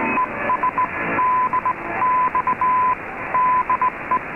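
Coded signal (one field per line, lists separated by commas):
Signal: Morse code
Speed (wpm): 18 wpm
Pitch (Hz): 1010 Hz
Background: radio noise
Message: ES DX DE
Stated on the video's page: Morse heard on 15140 kHz shortwave near Radio Havana Cuba's DXers Unlimited broadcast, received on an Icom IC-R8600 in Toronto.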